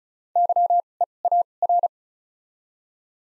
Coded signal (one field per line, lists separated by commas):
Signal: Morse code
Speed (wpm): 34 wpm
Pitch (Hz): 700 Hz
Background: none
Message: Y E A R